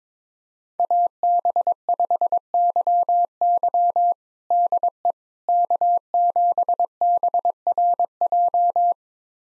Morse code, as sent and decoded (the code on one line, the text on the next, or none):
.- -... ..... -.-- -.-- / -.. . / -.- --... -... .-. .---
AB5YY DE K7BRJ